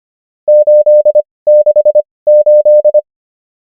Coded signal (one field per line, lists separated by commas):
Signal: Morse code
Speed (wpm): 25 wpm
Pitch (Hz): 600 Hz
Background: none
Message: 868